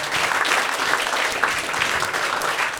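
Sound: audience applause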